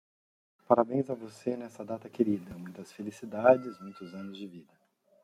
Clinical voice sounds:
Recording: short text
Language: Brazilian Portuguese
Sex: male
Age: 50 to 59 years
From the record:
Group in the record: control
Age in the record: 54 years

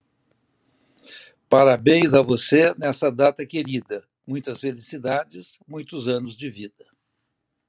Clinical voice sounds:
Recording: short text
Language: Brazilian Portuguese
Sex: male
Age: 70 to 79 years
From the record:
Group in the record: control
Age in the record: 78 years

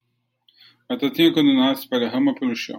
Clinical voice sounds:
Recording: short text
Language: Brazilian Portuguese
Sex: male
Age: 40 to 49 years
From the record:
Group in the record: control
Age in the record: 48 years

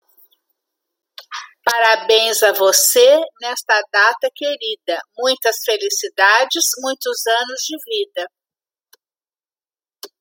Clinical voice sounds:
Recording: short text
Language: Brazilian Portuguese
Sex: female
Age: 60 to 69 years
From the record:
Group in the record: control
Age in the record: 61 years

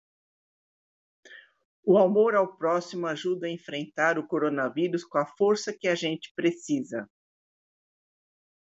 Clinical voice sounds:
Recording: spoken sentence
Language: Brazilian Portuguese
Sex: female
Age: 50 to 59 years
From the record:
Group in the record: control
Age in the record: 59 years

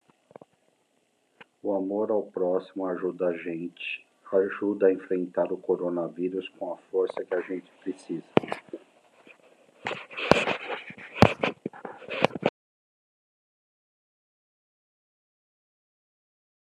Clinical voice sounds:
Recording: spoken sentence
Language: Brazilian Portuguese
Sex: male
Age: 50 to 59 years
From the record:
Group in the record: control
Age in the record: 57 years

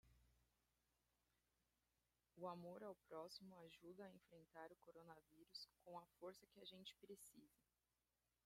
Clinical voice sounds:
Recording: spoken sentence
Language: Brazilian Portuguese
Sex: female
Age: 30 to 39 years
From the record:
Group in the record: control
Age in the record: 31 years

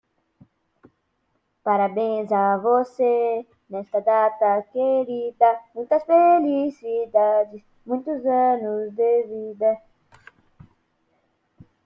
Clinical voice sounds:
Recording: short text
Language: Brazilian Portuguese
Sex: female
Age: 40 to 49 years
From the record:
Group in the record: control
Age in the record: 47 years

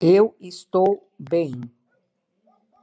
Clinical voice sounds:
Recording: spoken sentence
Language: Brazilian Portuguese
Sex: female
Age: 60 to 69 years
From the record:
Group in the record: control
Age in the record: 66 years

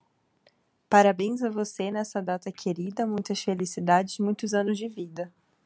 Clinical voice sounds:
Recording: short text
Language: Brazilian Portuguese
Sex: female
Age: 30 to 39 years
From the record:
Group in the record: control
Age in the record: 31 years

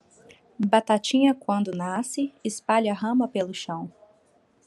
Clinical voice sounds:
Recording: short text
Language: Brazilian Portuguese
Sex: female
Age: 30 to 39 years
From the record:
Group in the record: control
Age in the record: 32 years

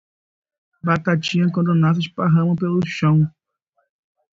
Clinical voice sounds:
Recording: short text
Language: Brazilian Portuguese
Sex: male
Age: 20 to 29 years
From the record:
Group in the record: control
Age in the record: 24 years

